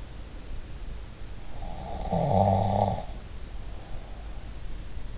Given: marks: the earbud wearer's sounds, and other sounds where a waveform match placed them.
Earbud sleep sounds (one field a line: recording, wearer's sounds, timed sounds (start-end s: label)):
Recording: sounds in sleep by an in-ear microphone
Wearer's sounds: snoring breath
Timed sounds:
1.64-4.50 s: snoring breath